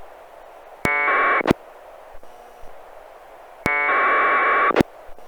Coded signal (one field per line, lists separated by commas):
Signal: packet radio (AX.25, as in APRS)